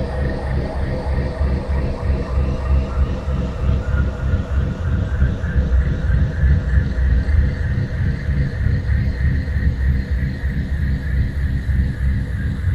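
A full-spectrum binaural tone on C# at 65.4 Hz with a 3.2 Hz delta beat: steady, dense, low rumble throughout.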